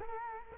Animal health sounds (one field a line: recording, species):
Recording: mosquito wingbeat signal from an infrared sensor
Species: Culex quinquefasciatus